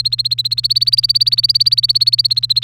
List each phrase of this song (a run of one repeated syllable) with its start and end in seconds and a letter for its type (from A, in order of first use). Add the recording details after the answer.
0.00-2.63 A. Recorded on 3 May 2018 at 06:58. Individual llb3